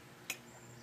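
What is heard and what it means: A torque wrench set to 40 lbs draws in the pin of a structural crack staple in pool concrete. A single sharp click sounds at 0.3 s over a quiet background. The wrench clicks at its set torque, confirming the pin is drawn in.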